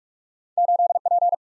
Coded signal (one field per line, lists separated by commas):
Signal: Morse code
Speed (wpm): 44 wpm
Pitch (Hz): 700 Hz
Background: none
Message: 8 P